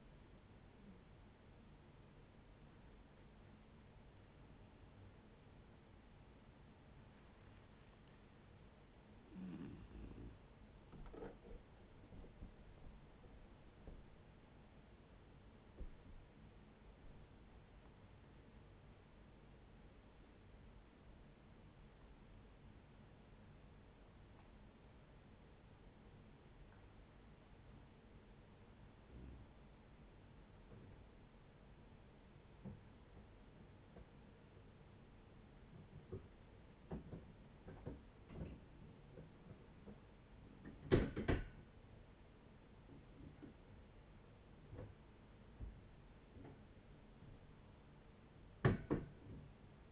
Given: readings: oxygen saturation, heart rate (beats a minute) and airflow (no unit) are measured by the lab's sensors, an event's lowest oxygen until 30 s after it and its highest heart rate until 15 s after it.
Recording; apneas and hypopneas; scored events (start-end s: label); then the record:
breathing in sleep by a voice recorder at the bedside; 1
3.00-17.50 s: hypopnea (N1, oxygen 97% highest, then 94% lowest, heart rate 65 at the start, 67 highest)
From the record:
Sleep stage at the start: N1 (lightest sleep); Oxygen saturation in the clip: 92 to 97%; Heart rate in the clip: 58 to 67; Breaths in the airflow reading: 10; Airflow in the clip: -8.8 to 9.9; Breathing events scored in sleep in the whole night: 496 in 5.4 hours asleep